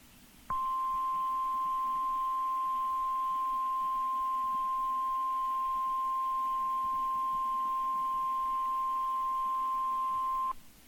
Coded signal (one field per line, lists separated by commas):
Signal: Emergency Alert System (SAME) tones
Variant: 1050 Hz attention tone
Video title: EAS #1453 - PDS TORNADO WATCH #109 4-26-2016